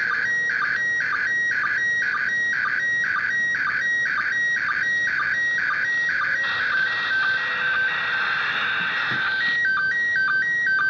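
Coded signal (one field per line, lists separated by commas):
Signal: SSTV (slow-scan television)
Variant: PD120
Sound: steady warbling steps between two tones, short low blip about twice a second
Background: radio static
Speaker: So let's just go ahead and play it. And I have to kind of be quiet since it's using the audio.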